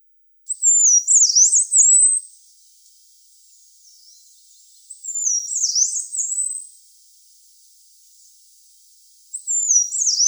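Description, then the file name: Yellow-browed warbler song: high, thin phrases of sliding whistles dipping and rising, given in bursts separated by quiet gaps of a few seconds. "Penochka zarnichka"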